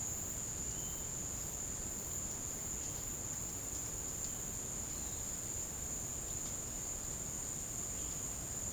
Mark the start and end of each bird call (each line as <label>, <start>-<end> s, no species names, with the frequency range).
bird call (1.5-3.8 kHz), 0.61-1.19 s
bird call (3.0-5.7 kHz), 4.83-5.25 s
bird call (1.9-3.8 kHz), 7.81-8.03 s